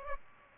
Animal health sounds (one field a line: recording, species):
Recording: mosquito wingbeat signal from an infrared sensor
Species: Aedes aegypti